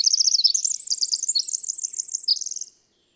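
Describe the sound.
Bird song opening with a rapid repeated trill, then a run of high slurred chirps and a second trill before it stops.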